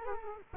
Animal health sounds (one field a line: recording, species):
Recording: mosquito wingbeat signal from an infrared sensor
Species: Culex quinquefasciatus